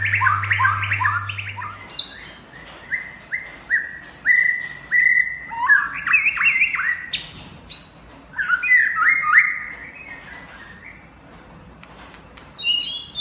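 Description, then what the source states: White-rumped shama song: rich, varied whistled phrases with quick rising and falling notes, some rapid stuttered series, sung in bursts with short pauses; a low hum at the start. Champion bird from a songbird singing contest.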